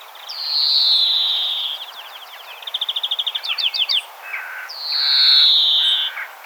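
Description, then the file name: European greenfinch with a long, falling, nasal wheeze, then a fast twittering trill and some chirps, ending with a second drawn-out buzzy wheeze. "Chloris chloris"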